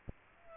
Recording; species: mosquito wingbeat signal from an infrared sensor; Aedes aegypti